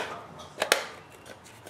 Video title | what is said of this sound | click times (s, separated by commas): How to fix the disk tray stuck problem on Xbox 360 | make sure you hear that snap. Okay. | 0.7 s